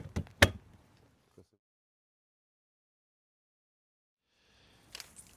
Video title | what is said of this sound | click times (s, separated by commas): TUTO UTILISATION BENIMAR S324 UP (version longue) | Un petit clic et c'est rangé. | 0.4 s